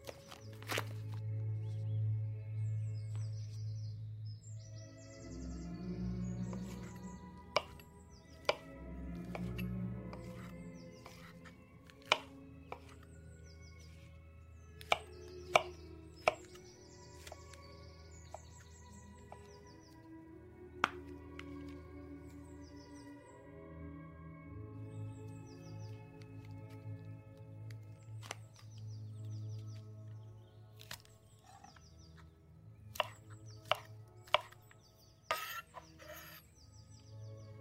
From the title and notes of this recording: 19th century | Vintage kitchen ASMR Ambience | cooking with oldies playing. Granny is cooking in the kitchen while oldies music playing from living room.